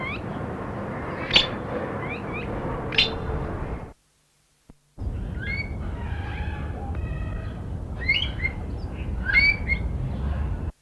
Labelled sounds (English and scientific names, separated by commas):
Red-billed Blue Magpie (Urocissa erythroryncha) call